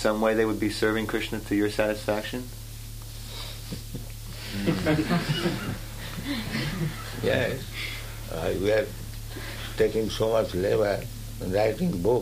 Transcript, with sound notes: some way they would be serving Kṛṣṇa to your satisfaction?
[Prabhupāda laughs] Yes, we are taking so much labor in writing books.